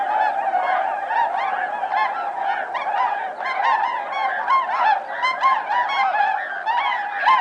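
Bewick's swans in a steady, dense chorus of mellow honking and yelping calls that overlap continuously.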